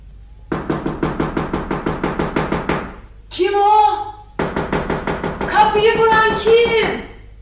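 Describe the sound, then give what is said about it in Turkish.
Rapid, insistent knocking on a house door in two long bursts of quick, evenly spaced raps, with a raised voice calling out between them and over the second burst, asking for the door to be opened and saying a man has fallen ill. “Açar mısınız kapıyı?”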